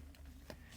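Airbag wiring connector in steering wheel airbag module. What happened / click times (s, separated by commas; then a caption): The connector clicks twice as it releases and comes free / 0.2 s, 0.5 s. A pick is worked under the airbag wiring plug in a G37 Coupe steering wheel airbag module to walk it forward. Two short clicks sound over a low steady hum: the black locking tab releases from the plug at 0.1 s, and a sharper click at 0.5 s is the plug coming out of the airbag. The connector is released.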